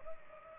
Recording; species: mosquito wingbeat signal from an infrared sensor; Culex pipiens